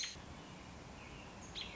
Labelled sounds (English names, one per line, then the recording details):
American Robin
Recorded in Sonoma County, California